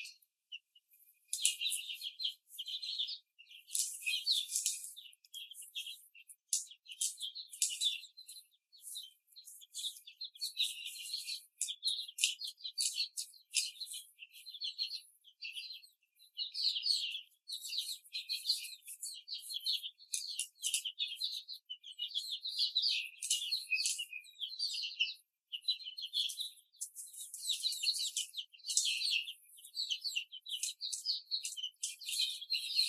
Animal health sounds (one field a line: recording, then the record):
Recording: young laying hens in a cage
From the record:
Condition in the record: before the stressor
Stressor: simulated dog barking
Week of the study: 3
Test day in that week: 1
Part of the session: 3